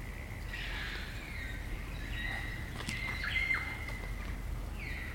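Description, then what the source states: Kaka song: drawn-out whistled tones with squawky, scratchy notes and a brief sharp click. Kakas, a large parrot species, singing an eerie dusk chorus in late spring at Karori Sanctuary near Wellington, New Zealand.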